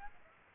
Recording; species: mosquito wingbeat signal from an infrared sensor; Aedes aegypti